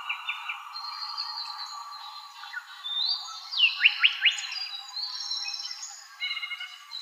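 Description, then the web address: Sinaloa Wren calling with a burst of sharp, rapidly sweeping notes and falling slurs in the middle, among thin high whistles and chirps. Recorded by Deviche, file dated 090308, in an Arizona Field Ornithologists sound library of wrens, kinglets and gnatcatchers. "Wrens Kinglets Gnatcatchers AZFO SIWR deviche 090308"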